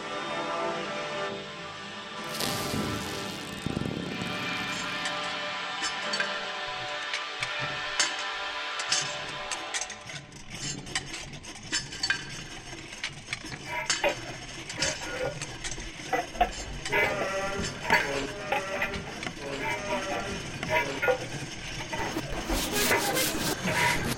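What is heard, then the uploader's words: Inside a screen printing studio, a steady machine-like hum with a faint tonal whine runs through the first ten seconds. After that, clattering knocks, scrapes and metallic clinks come frequently and irregularly, with a few brief voices and a bright hiss near the end. The sounds are taken from the One69a printing studio at Islington Mill, recorded using contact/directional mics and distorted samples from DIY Noise Machines. All the sounds you hear are of the process and ambient sounds involved in the screen printing process.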